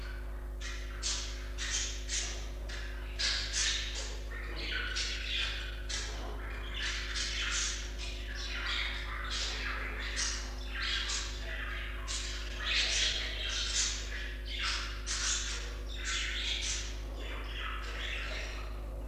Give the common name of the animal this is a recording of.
Budgerigar